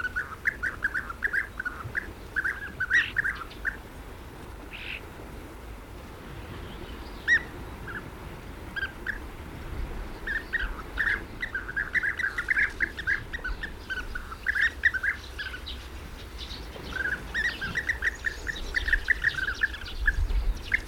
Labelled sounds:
European Bee-eater (Merops apiaster) call
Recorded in the wild
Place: Balcik, Varna, BG
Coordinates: 43.427, 28.162
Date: 1974-06-07 06:50
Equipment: Nagra III BH, Sennheiser MD 21, parabola
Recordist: Schubert, Michael

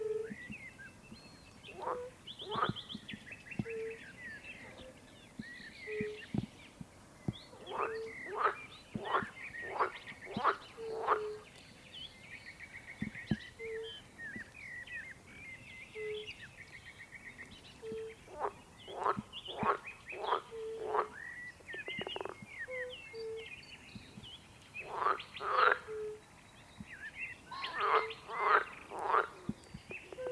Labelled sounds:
Fire-Bellied Toad (Bombina bombina) call
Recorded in the wild
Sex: male
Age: adult
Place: Bernau bei Berlin, Börnicker Feldflur, Brandenburg, DE
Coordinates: 52.667, 13.625
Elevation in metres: 86
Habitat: pond
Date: 2023-05-03 20:56
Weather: air 16°C, water 16°C
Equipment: Sound Devices 702, Sennheiser MKH 415 T, Rhode Windschutz
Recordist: Frommolt, Karl-Heinz

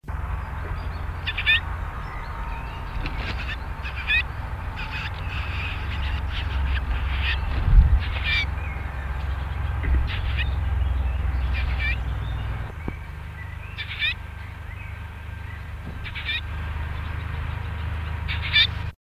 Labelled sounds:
Icterine Warbler (Hippolais icterina) call
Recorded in captivity
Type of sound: call
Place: Zoo Hannover, Niedersachsen, DE
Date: 1983-07-03
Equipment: Halbspur, 9,5 cm/s
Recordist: Lütgens, Hans
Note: Rufe

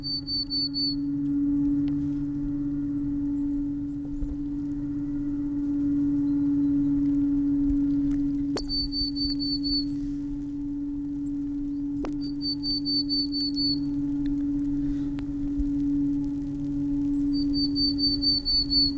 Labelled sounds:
Willow Tit (Poecile montanus) song
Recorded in the wild
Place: Oberstdorf, Bayern, DE
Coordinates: 47.415, 10.2603
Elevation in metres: 861
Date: 1980-04-06
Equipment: Uher 4000 Report
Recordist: Tretzel, Erwin

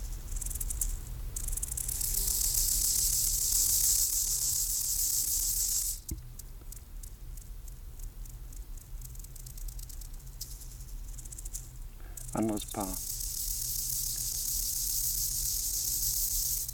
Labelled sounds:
Rufous Grasshopper (Gomphocerippus rufus) stridulation
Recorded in the wild
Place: Gößweinstein, Fränkische Schweiz, Bayern, DE
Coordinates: 49.72, 11.07
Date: 1995-09-11 10:59
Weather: sonnig, 19°C
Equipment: Marantz CP 430, Sennheiser ME 80, Kopie Uher 4000 Report Monitor
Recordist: Tembrock, Günter

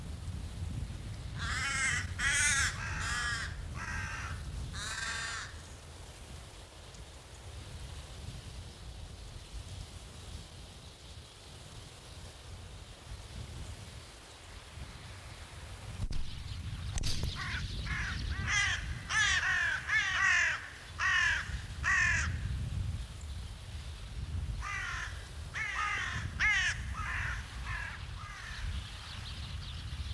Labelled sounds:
Hooded Crow (Corvus cornix) call
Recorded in the wild
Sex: group
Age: adult
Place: Loddin, Insel Usedom, Mecklenburg-Vorpommern, DE
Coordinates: 54.0264, 14.0472
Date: 1983-09-26 17:30
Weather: fair, 15°C, light gusty winds
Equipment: Nagra SN, Sennheiser MKH 416 T, Kopie Uher 4000 Report Monitor
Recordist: Tembrock, Günter
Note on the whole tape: Diverse Rufe. Dazu Fluggeräusche von Stockenten

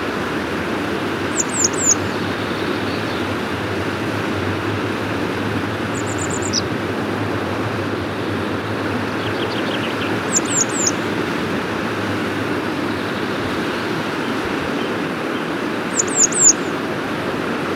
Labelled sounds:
Grey Wagtail (Motacilla cinerea) song
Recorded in the wild
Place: Eibenstock, Sachsen, DE
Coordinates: 50.495, 12.6
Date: 1975-04-19
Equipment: Nagra III BH, Sennheiser MD 21, parabola
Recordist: Schubert, Michael
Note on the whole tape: Gesang Gebirgsstelze

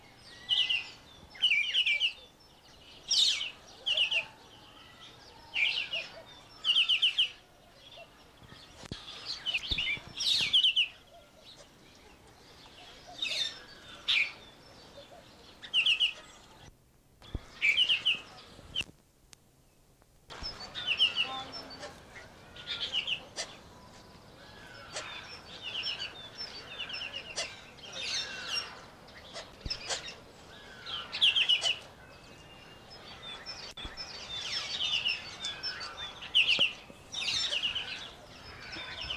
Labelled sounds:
Black-headed Bulbul (Pycnonotus atriceps)
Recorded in captivity
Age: adult
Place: Zoo Berlin, Berlin, DE
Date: 1986-04-16 11:01
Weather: sunny, 12°C
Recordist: Tembrock, Günter

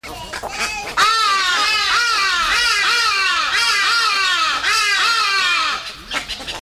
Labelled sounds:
Hadada Ibis (Bostrychia hagedash) call, Western Cattle Egret (Bubulcus ibis)
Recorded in captivity
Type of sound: call sequence
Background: Bubulcus ibis
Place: Tierpark Berlin, Berlin, DE
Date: 1997-06-28 17:49
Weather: 25°C, heiter
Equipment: Sony MD-WM MZ-R3, Sennheiser MKH 416 T, Kopie Uher 4000 Report Monitor
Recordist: Tembrock, Günter
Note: Rufreihe in der Kuhreiher-Aufnahme

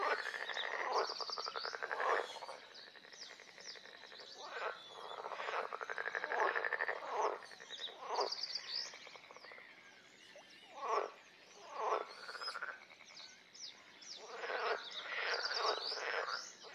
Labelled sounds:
Edible Frog (Pelophylax esculentus) call
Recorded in the wild
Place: Kützerhof, Kummerower See, Mecklenburg-Vorpommern, DE
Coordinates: 53.8531, 12.8686
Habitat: wetland
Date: 2010-06-22
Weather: heiter, 9°C, schwacher Wind
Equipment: Sound Devices 702, Rode NT1-A Stereopaar
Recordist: Frommolt, Karl-Heinz

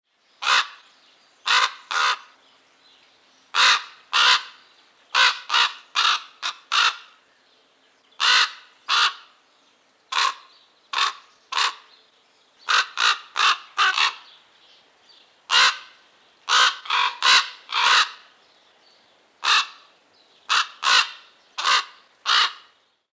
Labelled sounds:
Common Raven (Corvus corax)
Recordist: Tembrock, Günter
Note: Rufe

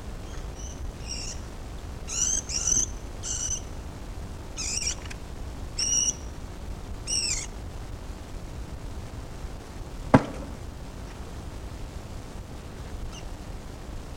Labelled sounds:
Brown Rat (Rattus norvegicus) call
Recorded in captivity
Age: juvenile
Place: Zoologisches Institut der HUB, Berlin, DE
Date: 1965-08-25 10:10
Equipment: Grundig TK 1 Luxus, Kondensatormikrofon
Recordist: TSA

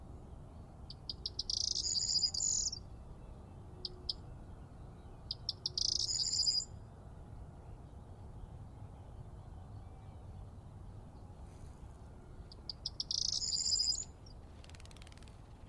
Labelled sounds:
Corn Bunting (Emberiza calandra) song
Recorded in the wild
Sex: male
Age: adult
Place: Charlottenhof, Mecklenburgische Seenplatte, Mecklenburg-Vorpommern, DE
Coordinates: 53.5158, 12.0858
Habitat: meadowland
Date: 2010-04-08
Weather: heiter, 10°C, windstill
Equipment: Sound Devices 702, Sennheiser MKH 70, Rycote Windschutz
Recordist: Frommolt, Karl-Heinz

